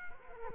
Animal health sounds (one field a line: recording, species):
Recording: mosquito wingbeat signal from an infrared sensor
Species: Culex quinquefasciatus